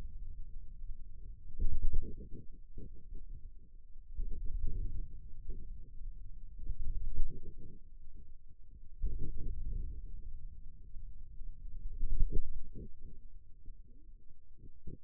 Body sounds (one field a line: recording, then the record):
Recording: forearm muscle sounds (acoustic myography)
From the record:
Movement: wrist flexion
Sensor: system 2, bracelet of six BSWA MPA416 microphones around the upper forearm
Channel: 3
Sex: male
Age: 22 years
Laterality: right